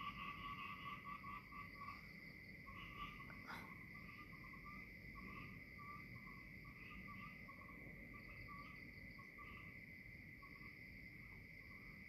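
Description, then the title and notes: Frog calls, short stuttering pulsed bursts coming and going over a steady humming tone, with rain hiss and one sharp tap partway through. "Frog Time. Frog and Rain"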